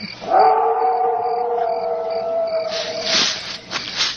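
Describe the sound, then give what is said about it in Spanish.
A wolf's long howl rises quickly and holds a steady, slightly falling mid-pitched tone for nearly three seconds, then fades into a breathy, hissing rush of noise. “El gato Félix no aúlla.”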